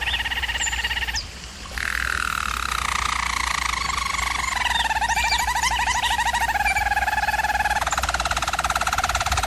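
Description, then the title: German Roller canary song: held tones, a brief pause, then a long falling rolling trill and a fast pulsed passage to the end; steady low hum. Canary training recording of German Roller canary song. "German Roller Canary Singing - Canary Training"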